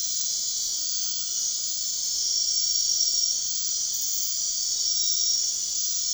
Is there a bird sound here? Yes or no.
no